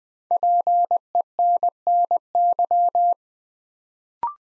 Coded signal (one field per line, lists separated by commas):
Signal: Morse code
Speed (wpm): 20 wpm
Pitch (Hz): 700 Hz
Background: none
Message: PENNY